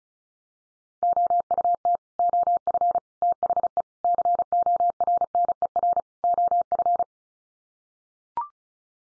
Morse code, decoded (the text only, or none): OUT OF THE CORNER OF